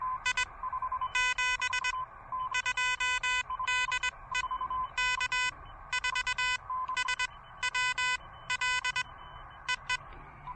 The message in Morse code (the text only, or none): I 72 DE K4SWL EE